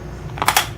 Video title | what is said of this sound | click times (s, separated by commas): Drill machine unboxing \ bosch hammer drill machine 3 function complete details in Urdu hindi | देखें, ये आवाज़ के साथ ये लॉक हो जाता है। | 0.5 s